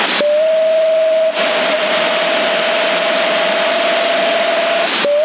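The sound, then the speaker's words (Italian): A single long, steady whistle tone at a constant mid pitch holds for nearly five seconds over a loud bed of hissing CB radio static, with a brief blip as it ends: a test whistle sent over a CB radio set in Sassari. “Fischietto, niente copie.”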